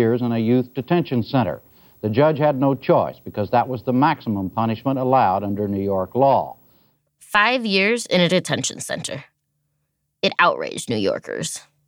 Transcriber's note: none